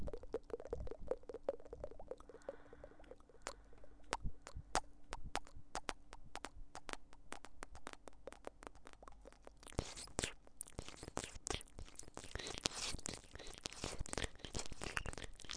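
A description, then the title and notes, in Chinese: Mouth sounds of pecking kisses at the ear: a steady run of sharp, wet clicks and pops over a quiet low hum. After about ten seconds the smacks come faster, louder and brighter, clustering into busy bursts of kissing. 回声}啄耳＋kiss＋嗷呜＋啵啵（asmr助眠）。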